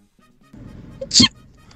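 A short intake of breath is followed by one sharp, hissing burst lasting about a fifth of a second, then quiet room noise. It is a single sneeze from an adult.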